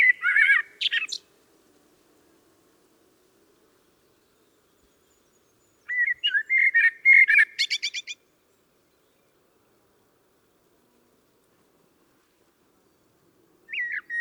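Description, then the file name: Common blackbird song in three bursts: warbled fluted notes, a phrase ending in rapid high scratchy twitters, and a brief opening note at the end. "Turdus merula"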